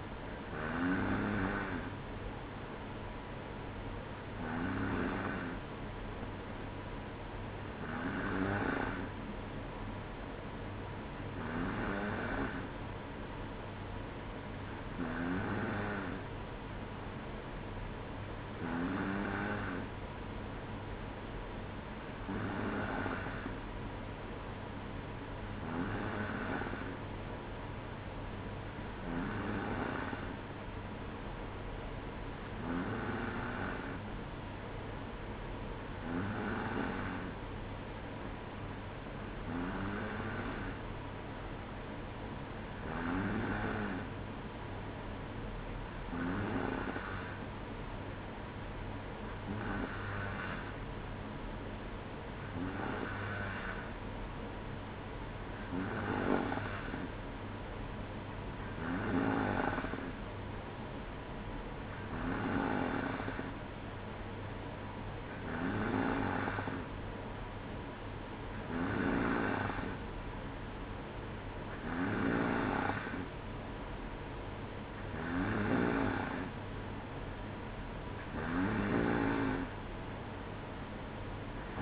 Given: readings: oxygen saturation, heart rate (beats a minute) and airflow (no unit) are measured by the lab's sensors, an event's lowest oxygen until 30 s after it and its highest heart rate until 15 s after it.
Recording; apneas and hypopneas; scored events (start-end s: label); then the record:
breathing in sleep by a voice recorder at the bedside; none
none scored
From the record:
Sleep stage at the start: N2 (light sleep); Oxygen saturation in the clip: 93 to 94%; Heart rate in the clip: 58 to 62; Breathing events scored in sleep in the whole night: 305 in 9.6 hours asleep